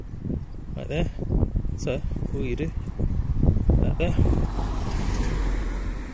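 A wiper blade is lined up on the wiper arm hook of a Honda Insight, positioned ready before being pushed home, while someone talks over steady wind noise. A few brief handling taps sound around 3.0 to 3.8 seconds, but nothing has seated or clicked yet.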